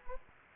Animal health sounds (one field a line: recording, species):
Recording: mosquito wingbeat signal from an infrared sensor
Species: Anopheles gambiae